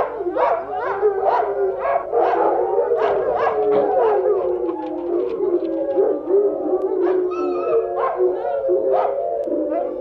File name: wolf